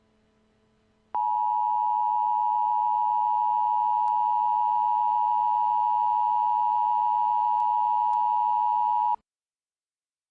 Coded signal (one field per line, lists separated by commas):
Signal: Emergency Alert System (SAME) tones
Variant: 853 and 960 Hz attention tone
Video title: EAS | The Attack IV